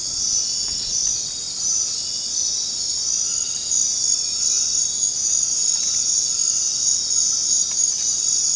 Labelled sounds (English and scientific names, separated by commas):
none